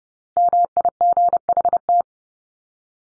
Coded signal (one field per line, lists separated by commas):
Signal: Morse code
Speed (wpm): 30 wpm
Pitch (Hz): 700 Hz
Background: none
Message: MIGHT